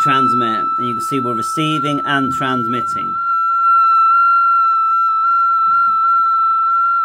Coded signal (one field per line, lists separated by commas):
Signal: FT8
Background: speech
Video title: R1CBU v028 - FT8 Live RX-TX Xiegu X6100